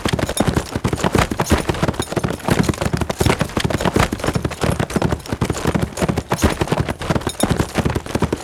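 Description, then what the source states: Horse galloping, a fast run of soft low hoofbeat thuds in rolling beats, continuous from start to end. Steady, fast gallop on grass.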